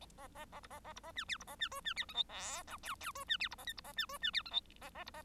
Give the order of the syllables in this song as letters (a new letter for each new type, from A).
A A A B A A B A C D B A C E C D F G H I J J E C D B A K B A C E C D F G A A B A